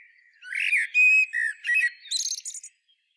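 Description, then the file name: Common blackbird single song phrase: a few clear, flute-like whistles, then a high, squeaky, rattling twitter at the end. "Turdus merula"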